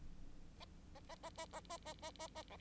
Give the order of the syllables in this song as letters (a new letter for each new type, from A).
A A A A A A A A A A A B